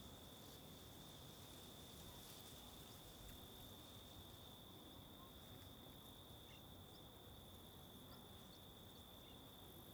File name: Ambiencia no Mirante da Antena de Alto Paraiso com Varios Grilos e Vento